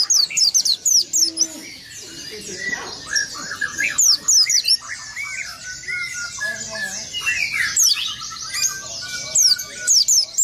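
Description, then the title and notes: White-eye song: rapid, high-pitched twittering chirps with quick descending notes, and lower whistled notes beneath. "Burung Peci. pleci"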